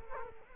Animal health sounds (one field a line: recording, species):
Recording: mosquito wingbeat signal from an infrared sensor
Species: Culex quinquefasciatus